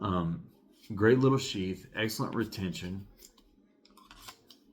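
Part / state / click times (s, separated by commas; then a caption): fixed-blade knife into molded sheath / not seated / none. A fixed-blade knife is handled at its molded plastic sheath, about to be snapped in, while someone talks. A few faint, short ticks of handling follow in the quieter second half. The clip ends before the knife goes home, so nothing has seated or clicked yet.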